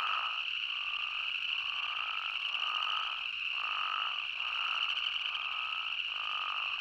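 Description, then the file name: Spadefoot toads in full chorus, an unbroken buzzy wail pulsing slightly, with small breaks around every second. Several spadefoot toads, recorded 20 May 2015. "Spadefoot Toads 20150520"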